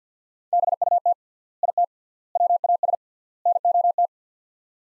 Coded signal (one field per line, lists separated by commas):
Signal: Morse code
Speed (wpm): 49 wpm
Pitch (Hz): 700 Hz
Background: none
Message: BUT IT WAS NOT